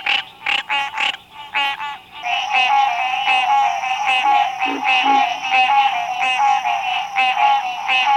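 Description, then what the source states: Green treefrog chorus of repeated nasal, honking notes, a few separate calls at first, then many overlapping callers in a continuous, pulsing stream. Recorded in Texas.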